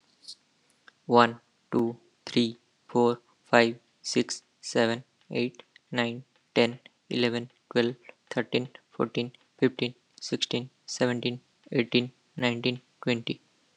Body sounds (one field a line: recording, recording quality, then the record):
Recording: counting at a normal pace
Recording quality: excellent, no background noise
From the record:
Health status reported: healthy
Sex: male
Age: 28 years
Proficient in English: yes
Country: India